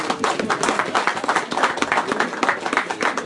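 A burst of applause from a group, many hands clapping in a dense, steady patter that holds at an even, fairly loud level for the full few seconds, with no voices.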